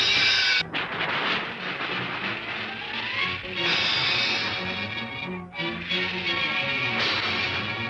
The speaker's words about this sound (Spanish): Era una noche oscura y tormentosa. Había relámpagos y terribles truenos. El viento silbaba. ¡También aullaba! ¡Era una terrible tormenta!